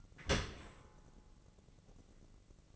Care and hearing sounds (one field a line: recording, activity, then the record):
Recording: daily activity, microphone in the room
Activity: open dishwasher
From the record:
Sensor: 4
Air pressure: 1013.2 hPa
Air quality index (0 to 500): 174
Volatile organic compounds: 2 ppm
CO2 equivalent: 1094 ppm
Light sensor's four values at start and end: 82/203/85/87 and 82/202/84/86